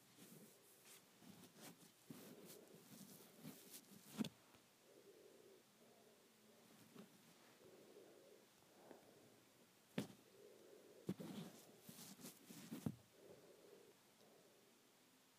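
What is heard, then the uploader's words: Hair being played with makes soft, uneven rustling and brushing sounds in short bursts throughout, over a quiet steady hiss. Sharp clicks or snaps stand out around four, ten, eleven and thirteen seconds. Playing with my Hair.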